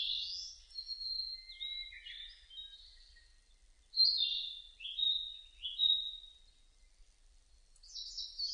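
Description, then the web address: Narcissus flycatcher song of varied high whistled notes, some sliding down and some level, in a few phrases, with little background noise. Recorded on 30 April 2005. "2005 050430 kibitaki"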